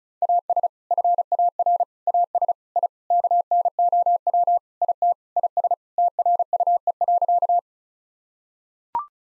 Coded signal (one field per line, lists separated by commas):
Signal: Morse code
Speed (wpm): 34 wpm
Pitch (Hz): 700 Hz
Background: none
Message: AS FAR AS I KNOW IT IS TRUE.